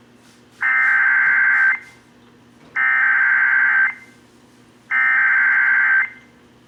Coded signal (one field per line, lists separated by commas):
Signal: Emergency Alert System (SAME) tones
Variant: header bursts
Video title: (EAS #536) Flash Flood Warning (WBAP-AM)